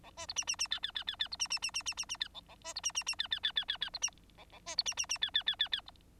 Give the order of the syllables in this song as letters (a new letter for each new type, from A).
A B C D D D E E E E E C D D D D D D D E A A B C D D D E E E E E E C D A A B C D D D E E E E E C